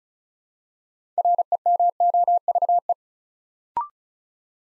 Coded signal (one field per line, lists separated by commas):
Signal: Morse code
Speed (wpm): 36 wpm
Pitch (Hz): 700 Hz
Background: none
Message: REMOVE